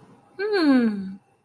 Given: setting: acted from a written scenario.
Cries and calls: vocal sound without words; disappointment

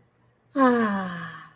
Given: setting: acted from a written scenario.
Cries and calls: vocal sound without words; serenity

